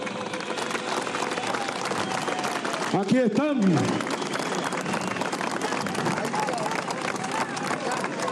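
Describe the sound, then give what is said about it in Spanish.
Sustained, dense applause from a large crowd fills the whole stretch, loud and steady, with a man's voice briefly calling out over the clapping partway through. “Yo pido un aplauso por estas mujeres valientes.”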